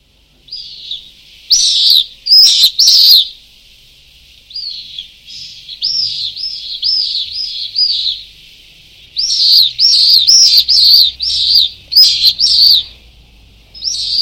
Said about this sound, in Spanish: estábamos escuchando unos vencejos pálidos, ya que una colonia de estos ejemplares ha encontrado su hogar en el Parque de Bomberos número 1 de Zaragoza, el segundo grupo más importante del norte de España.